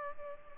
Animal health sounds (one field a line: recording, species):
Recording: mosquito wingbeat signal from an infrared sensor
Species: Culex pipiens